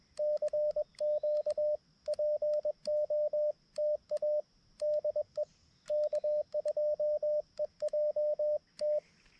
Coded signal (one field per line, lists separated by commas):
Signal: Morse code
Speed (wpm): 21 wpm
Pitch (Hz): 600 Hz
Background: radio noise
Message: CQ POTA DE K2EJT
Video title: Ugly CW POTA at K-5221 with my new BaMaTech TP-III key and trusty old Xiegu G90